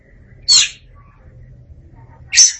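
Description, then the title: Oriental magpie-robin giving two loud, scratchy, hissing notes roughly two seconds apart over a low background hum. "Suara Kicauan Burung Kacer Durasi Panjang"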